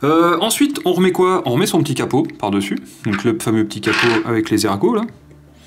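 The small top cap with its grips is being placed back over a rebuildable vape atomizer, the tank that was just taken apart and reassembled. Someone talks throughout, and the cap has not clicked or seated on the atomizer yet by the end of the clip.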